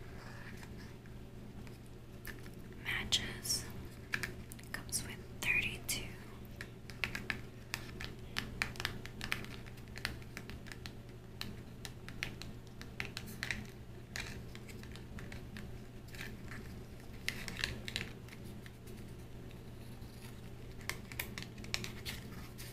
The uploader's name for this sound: Match Lighting Extinguishing, Fire Crackling,Tapping, Glass Sounds, Candles